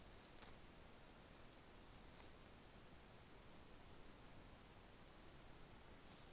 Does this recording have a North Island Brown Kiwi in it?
no